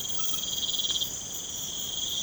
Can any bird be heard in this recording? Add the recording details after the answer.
no. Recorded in pastures near Puerto Asís, Putumayo, Colombia, on 12 March 2025 at 03:00. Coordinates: 0.505, -76.324. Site GP08